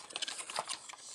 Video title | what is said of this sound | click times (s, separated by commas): JinBao KO Upscaled Generation Toy GRAVITY BUILDER (Devastator): EmGo's Transformers Reviews N' Stuff | will get a little little click there you string the leg out and there you go | 0.2 s